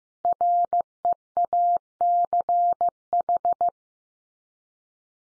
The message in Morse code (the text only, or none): REACH